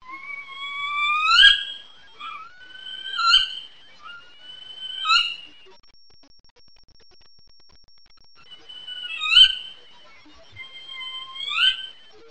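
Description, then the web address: Spotted owl whistled calls: rising, upslurred whistles with harmonics, several given in series, with a silent gap of a few seconds. Recorded in northwestern California. "nwcal SPOW"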